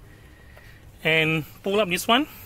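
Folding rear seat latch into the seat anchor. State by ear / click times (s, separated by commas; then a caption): not seated / none. The folding rear seat of a 2018 Honda BR-V V variant SUV is pulled up so its latch can go into the seat anchor, while someone talks over a quiet background. The latch has not locked into place yet, and no click is heard.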